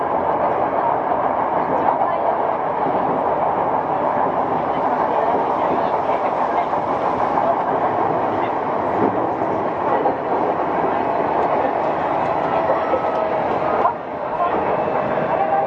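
Riding a Tokyo Metro 05 series wide-door train between Nakano and Nishi-Funabashi, a steady dense rumble and roar of the moving car fills the whole stretch, strongest in the mid range with a faint rhythmic clatter. A brief dip and shift in tone comes near fourteen seconds.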